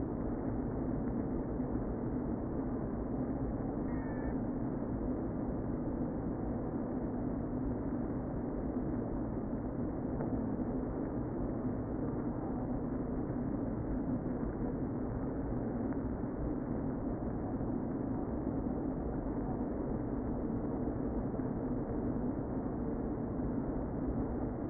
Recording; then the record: honeybee colony, microphone inside the hive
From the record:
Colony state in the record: queen present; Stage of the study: before two queens were removed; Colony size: about 60,000 bees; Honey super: yes